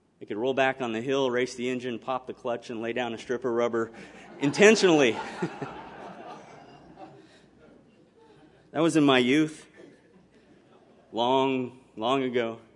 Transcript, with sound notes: I could roll back on the hill, race the engine, pop the clutch, and lay down a strip of rubber intentionally. [audience laughs] That was in my youth long, long ago.